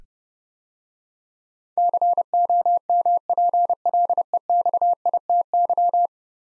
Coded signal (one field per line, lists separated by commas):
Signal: Morse code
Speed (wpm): 32 wpm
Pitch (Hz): 700 Hz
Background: none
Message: COMPLEXITY